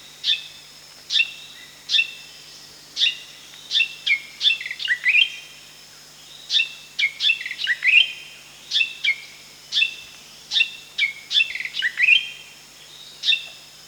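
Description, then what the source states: Spotted fantail song: bursts of sharp, high chipping notes mixed with short whistled slurs, in repeated phrases with brief pauses between. Recorded at Danum on 1 July 2008.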